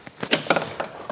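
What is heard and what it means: Someone works the primary latch and then the secondary safety latch on the hood or trunk lid of a 1999 Shelby Series 1, releasing it on the first try. A series of sharp clicks and knocks is heard, with the latch clicking at 0.3 s and 0.5 s. The secondary latch releases.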